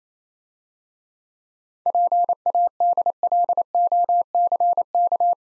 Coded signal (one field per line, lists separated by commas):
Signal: Morse code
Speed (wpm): 27 wpm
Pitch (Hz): 700 Hz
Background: none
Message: PADLOCK